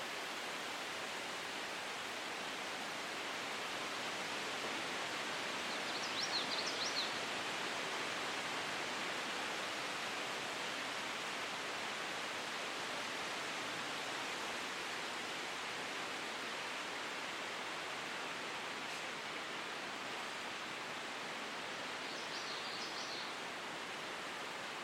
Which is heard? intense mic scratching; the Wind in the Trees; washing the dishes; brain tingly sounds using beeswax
the Wind in the Trees